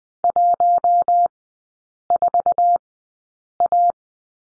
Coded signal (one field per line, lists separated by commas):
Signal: Morse code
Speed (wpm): 20 wpm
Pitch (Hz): 700 Hz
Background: none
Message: 14A